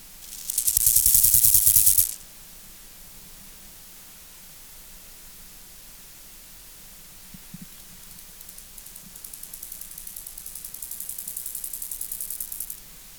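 Chorthippus moreanus grasshopper song: a dense, hissing rasp of rapid pulses lasting about one and a half seconds, then a softer pulsed rasp swelling gradually near the end.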